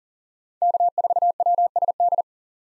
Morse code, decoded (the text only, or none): K4WSD